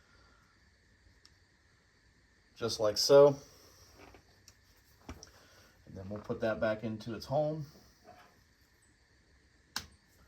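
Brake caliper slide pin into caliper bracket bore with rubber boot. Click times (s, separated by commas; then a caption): 9.8 s. A freshly greased brake caliper slide pin on a 2004 VW Jetta rear brake is pushed back into its bore in the caliper bracket while someone talks. At 9.8 s a sharp click is heard as the rubber boot seats over the pin.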